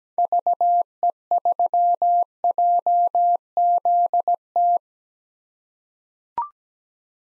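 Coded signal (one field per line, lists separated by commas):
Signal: Morse code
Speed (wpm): 17 wpm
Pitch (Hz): 700 Hz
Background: none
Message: VE3JZT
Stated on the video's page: Computer-generated Morse at 17 wpm: common park-activator call signs, each sent twice, for head-copy practice.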